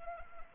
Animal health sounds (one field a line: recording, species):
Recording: mosquito wingbeat signal from an infrared sensor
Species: Anopheles arabiensis